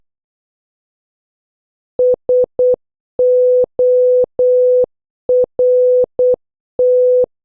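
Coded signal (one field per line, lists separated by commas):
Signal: Morse code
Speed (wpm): 8 wpm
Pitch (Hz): 500 Hz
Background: none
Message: SORT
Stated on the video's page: Morse practice words from letters O to Z, starting slow and gradually increasing speed.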